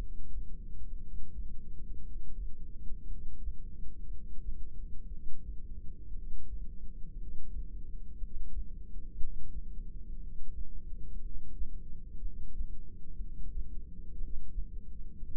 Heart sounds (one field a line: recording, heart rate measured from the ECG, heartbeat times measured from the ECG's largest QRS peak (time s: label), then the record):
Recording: heart sounds by microphone in the right ear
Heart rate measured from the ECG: 59 bpm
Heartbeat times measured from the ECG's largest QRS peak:
0.95 s: heartbeat
1.98 s: heartbeat
3.02 s: heartbeat
4.04 s: heartbeat
5.05 s: heartbeat
6.09 s: heartbeat
7.13 s: heartbeat
8.14 s: heartbeat
9.13 s: heartbeat
10.14 s: heartbeat
11.16 s: heartbeat
12.17 s: heartbeat
13.15 s: heartbeat
14.15 s: heartbeat
15.17 s: heartbeat
From the record:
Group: heart failure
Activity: rest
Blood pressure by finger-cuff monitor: 110/71 mmHg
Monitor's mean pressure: 86 mmHg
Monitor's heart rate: 59 bpm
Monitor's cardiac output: 6.4 L/min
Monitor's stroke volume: 109 mL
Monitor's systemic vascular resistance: 970 dyn s/cm5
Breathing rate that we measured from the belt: 14 breaths a minute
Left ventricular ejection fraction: 25%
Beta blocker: metoprolol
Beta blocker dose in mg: 62.5 twice daily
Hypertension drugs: ramipril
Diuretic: furosemide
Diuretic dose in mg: 40 twice daily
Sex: male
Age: 57 years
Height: 180 cm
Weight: 90.5 kg